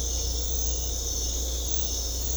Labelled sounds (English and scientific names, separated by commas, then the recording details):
none
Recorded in secondary vegetation near Puerto Asís, Putumayo, Colombia, on 16 December 2024 at 04:00
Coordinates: 0.500, -76.326
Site G065